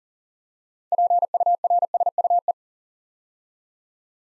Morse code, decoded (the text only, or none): PURSUE